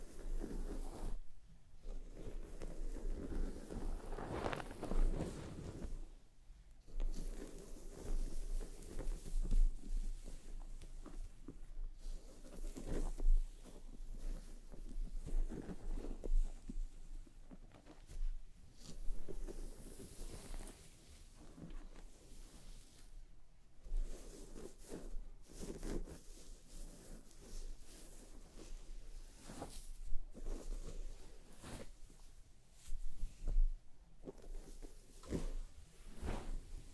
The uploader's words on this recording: ASMR Let me massage your scalp and brush your hair (1 HOUR No Talking).